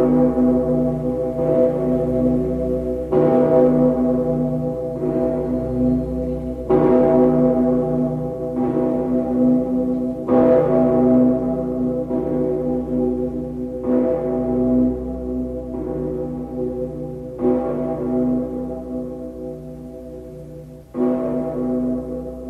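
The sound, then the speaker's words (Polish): A huge, deep cathedral bell, the 'Fat Peter' (Petersglocke) of Cologne on the Rhine, cast from melted-down cannons, tolls loudly over and over, roughly ten heavy strokes at an uneven slow pace, each blending into a continuous low, humming resonance with no voices. “W kolonii nad Renem gruby Piotr, z dział przetopiony.”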